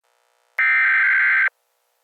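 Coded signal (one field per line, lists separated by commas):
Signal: Emergency Alert System (SAME) tones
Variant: header bursts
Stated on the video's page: Fictional scenario.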